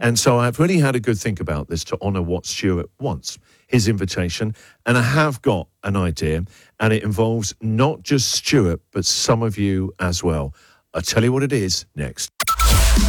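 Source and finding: Adult male speaker. Fluent speech.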